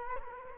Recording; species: mosquito wingbeat signal from an infrared sensor; Culex quinquefasciatus